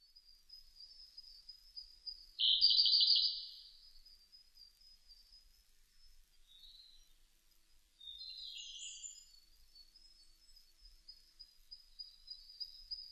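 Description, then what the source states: Siberian blue robin song: a sudden, loud, rapid trill lasting about a second, later a few thinner chipping notes, with a continuous high whine behind. Recorded in 2005.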